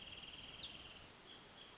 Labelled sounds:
Wrentit (Chamaea fasciata)
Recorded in Sonoma County, California

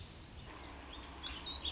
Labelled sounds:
Warbling Vireo (Vireo gilvus)
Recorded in Sonoma County, California

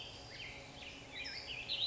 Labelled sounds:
Black-headed Grosbeak (Pheucticus melanocephalus)
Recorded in Sonoma County, California

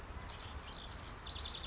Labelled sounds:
House Wren (Troglodytes aedon)
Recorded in Sonoma County, California

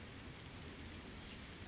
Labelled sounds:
California Towhee (Melozone crissalis)
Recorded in Sonoma County, California

